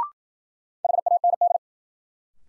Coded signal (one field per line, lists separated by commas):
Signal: Morse code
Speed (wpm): 53 wpm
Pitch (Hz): 700 Hz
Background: none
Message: HAND